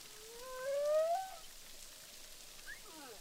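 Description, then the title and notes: Humpback whale song, a rising tonal moan with strong harmonics, then a burst of fast downward sweeps, over a soft hissing background. Humpback whales recorded underwater with a DPA hydrophone at Boucan Canot, Réunion Island, during a film shoot. "humpback whales, boucan canot, ile de la reunion. enregistré avec un hydrophone DPA lors du tournage SIGNATURE"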